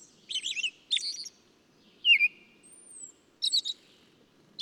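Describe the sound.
Bird: a few bursts of chirpy bird song, then a lower slurred note that drops in pitch. A long, high arched whistle follows before more chirps.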